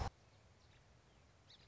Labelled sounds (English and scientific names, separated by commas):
Song Sparrow (Melospiza melodia)